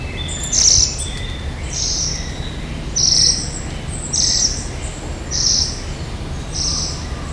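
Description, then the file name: Ashy minivet calls: several short, high, metallic trills in a regular series, over a low steady background rumble. "sansyokui"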